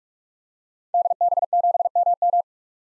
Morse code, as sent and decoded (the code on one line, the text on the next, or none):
-.. -... --... -- --
DB7MM